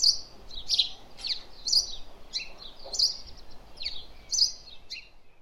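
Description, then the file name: House sparrow calls, loud clipped chirps repeated roughly every half second, a few softer overlapping chirps between them. "Passer domesticus"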